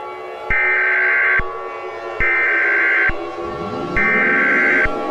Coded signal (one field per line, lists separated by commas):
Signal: Emergency Alert System (SAME) tones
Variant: header bursts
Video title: (Gift for RadioactiveGirl00) EAS Scenario/Gift Scenario - Burning Earth (Ending for Rising Heat)